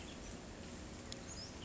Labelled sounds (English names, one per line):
Western Tanager